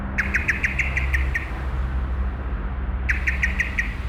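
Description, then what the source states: Common Blackbird uttering a fast run of sharp chirps, a pause, then another quick burst, with traffic rumbling low throughout. Blackbird emerging from a bush and chirping constantly beside the Auferstehungskirche, Südostviertel, Essen, Germany; passing street traffic.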